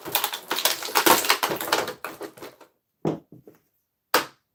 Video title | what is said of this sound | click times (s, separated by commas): Over 1,000 Figures in One? Modulok Masters of the Universe Review! | I heard snap that's good | 4.1 s